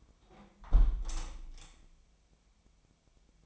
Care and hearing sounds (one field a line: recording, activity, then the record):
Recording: daily activity, microphone in the room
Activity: close window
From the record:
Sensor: 1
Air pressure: 1015.0 hPa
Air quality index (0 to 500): 46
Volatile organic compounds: 1 ppm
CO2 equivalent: 639 ppm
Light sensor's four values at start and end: 10/25/10/11 and 10/25/10/11